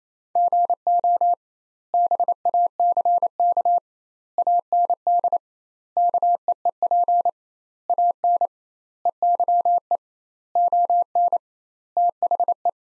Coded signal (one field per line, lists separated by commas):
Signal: Morse code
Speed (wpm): 28 wpm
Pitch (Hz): 700 Hz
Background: none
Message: GO BACK AND KEEP AN EYE ON THE